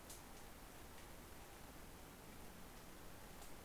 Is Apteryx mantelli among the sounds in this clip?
no